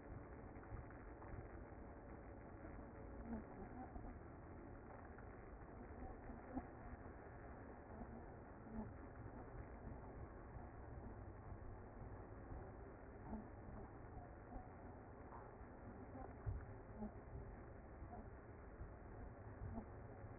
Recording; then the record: honeybee colony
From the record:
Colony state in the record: active